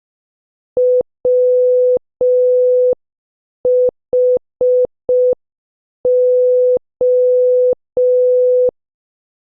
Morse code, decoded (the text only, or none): WHO